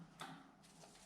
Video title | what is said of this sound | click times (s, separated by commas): Kubota LX3310 Tractor & LA535 Loader Greasing Points | you know it'll pretty much click into place | 0.2 s